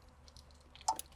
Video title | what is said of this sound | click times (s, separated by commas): Why Every Non-JBL Sienna Owner Needs This Amplifier | All right, clicked in. | 0.9 s